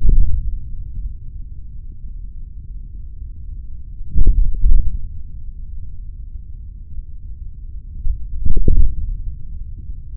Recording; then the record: forearm muscle sounds (acoustic myography)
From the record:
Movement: hand closing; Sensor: system 3, bracelet of six PUI Audio POM-2738L microphones around the upper forearm, with dedicated amplification and filtering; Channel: 1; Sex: male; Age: 56 years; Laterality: right